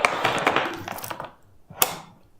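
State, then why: Seated. An expansion cable for an add-on battery is plugged into a power station's expansion port. A busy stretch of rustling and tapping handling noise fades out, followed by a sharp, bright click at 1.8 seconds. The plug seats in the port with that satisfying click.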